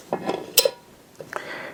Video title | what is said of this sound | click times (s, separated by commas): Tested 2-in-1 Landmine-💥 Styled Adjustable Kettlebell & Dumbbell 💣🪖 - Looks Genius… But Is It? 🤔 | You hear that snap sound? | 0.6 s